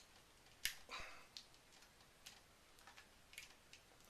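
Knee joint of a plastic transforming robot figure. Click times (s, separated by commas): 0.7 s, 1.4 s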